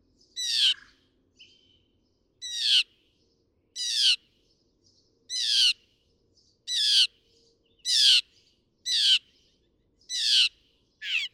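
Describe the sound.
Northern mockingbird song: a harsh, down-slurred rasping phrase repeated many times, a little over a second apart.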